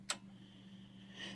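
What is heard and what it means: A bobbin case that was found loose and only half inserted is pushed fully into the bobbin holder of a Baby Lock Valiant sewing machine. A sharp click sounds at 0.1 s over a steady low hum, showing the bobbin has seated in place.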